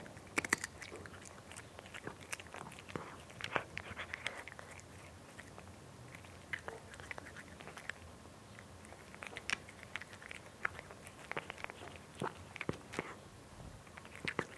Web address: BBC Cats Eating. cat eating nice crunchy sound